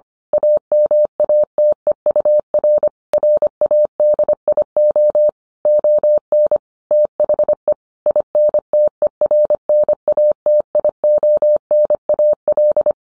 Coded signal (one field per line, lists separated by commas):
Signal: Morse code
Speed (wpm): 25 wpm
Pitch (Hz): 600 Hz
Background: none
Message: AMATEUR RADIO ON THE INTERNATIONAL